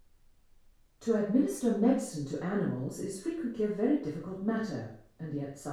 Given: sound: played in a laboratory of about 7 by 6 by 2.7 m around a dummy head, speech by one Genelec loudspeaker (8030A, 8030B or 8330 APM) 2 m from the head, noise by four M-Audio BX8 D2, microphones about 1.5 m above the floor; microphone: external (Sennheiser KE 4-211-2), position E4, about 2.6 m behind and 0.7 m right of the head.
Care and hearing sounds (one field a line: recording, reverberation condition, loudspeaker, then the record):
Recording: female speech in English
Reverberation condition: medium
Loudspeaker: 120 degrees to the right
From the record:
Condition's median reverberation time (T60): about 510 ms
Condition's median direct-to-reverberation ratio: about -0.5 dB